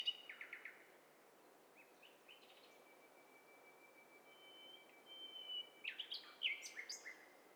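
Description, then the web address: Several birds calling: a run of quick chirps at the start, a long thin level whistle through the middle, then a burst of mixed sharp chirps and buzzy notes near the end. Mixture of several birds calling together, from a stereo bird cocktail party test set. "Hi Fi STEREO BIRD COCKTAIL PARTY Challenge SBCP TESTSET"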